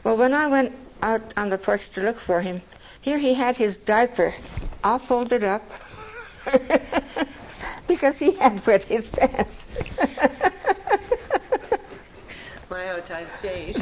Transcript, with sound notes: But when I went out on the porch to look for him here he had his diaper all folded up (laughs) because he had wet his pants (laughs)
My how times change.